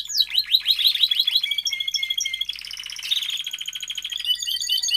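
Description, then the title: Domestic canary song of rapid swooping notes running into a buzzy, rolling trill with higher twitters over it. Belgian canary male singing a lot, used for training and warming up young canaries. "Esquente Seu Filhote E Canario Belga Em 30 Minutos Macho Cantando Muito"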